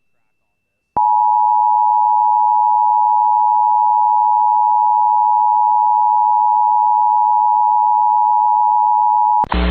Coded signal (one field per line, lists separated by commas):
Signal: Emergency Alert System (SAME) tones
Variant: 853 and 960 Hz attention tone